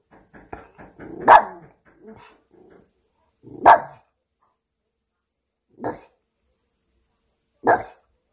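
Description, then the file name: Dog giving four single barks spaced about two seconds apart, after a few soft clicks and snuffles at the start. Cute dog barking. "Tieng cho sua de thuong dang yeu"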